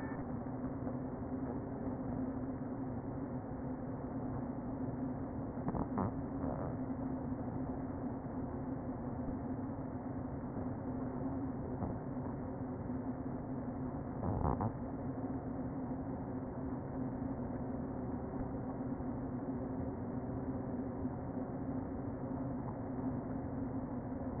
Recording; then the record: honeybee colony, microphone inside the hive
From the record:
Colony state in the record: queen present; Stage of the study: before two queens were removed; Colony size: about 60,000 bees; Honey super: yes